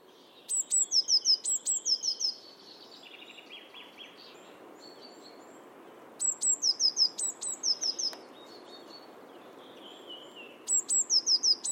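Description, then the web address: Bird calling in three bursts of high, sharp, falling notes, with lower chirps and short buzzy phrases in the gaps. "cianscape birddata Deverinetal 2025 Bird Only"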